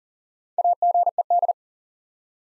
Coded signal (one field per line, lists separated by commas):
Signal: Morse code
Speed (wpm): 39 wpm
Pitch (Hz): 700 Hz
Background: none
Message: AGED